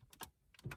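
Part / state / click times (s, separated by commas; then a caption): wiring harness plug into car radio unit / not seated / none. A wiring harness plug is handled against the radio unit while a CarPlay head unit is installed in the dash of a VW Golf 7 with a Composition Color radio. Two bursts of short, sharp plastic-like handling noises are heard, with the strongest hits near 0.2 s and 0.7 s. The connector has not clicked or seated yet.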